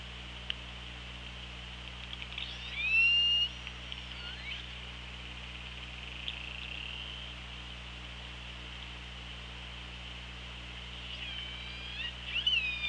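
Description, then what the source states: Orca call: a clear upswept, squealing tone, then a quieter stretch of hiss and hum, with another rising call near the end and a few faint clicks. Recorded on an OrcaLab hydrophone, 24 August 2017, at 15:55.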